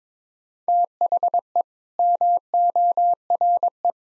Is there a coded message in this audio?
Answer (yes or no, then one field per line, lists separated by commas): yes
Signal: Morse code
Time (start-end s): 0.7-3.9 s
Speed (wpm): 22 wpm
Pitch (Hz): 700 Hz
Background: none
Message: THE MORE